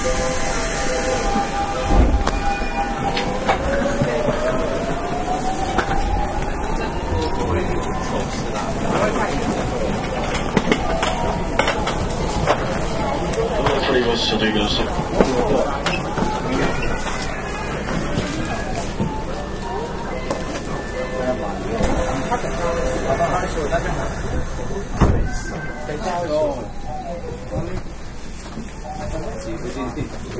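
A Nankai 8300 series airport express train runs from Namba toward Rinku Town. The ride holds a steady low rumble with frequent clicks and clatter, a rising motor whine near the start, and voices talking throughout, with a sharp knock around 25 seconds.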